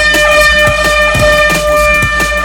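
A loud horn blast holds one steady, buzzy tone for the full two and a half seconds, with sharp percussive hits tapping irregularly over it.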